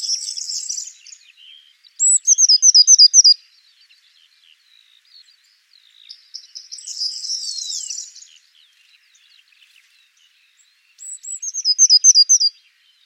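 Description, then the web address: Eurasian blue tit: buzzy churrs, each followed by a series of bright, high hooked notes, the pattern given twice. "cianscape birddata Deverinetal 2025 File origin Bird Only Cy Ca"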